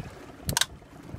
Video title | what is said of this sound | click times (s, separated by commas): Patrol Boat Duty | you hear a nice click as it goes into neutral and | 0.6 s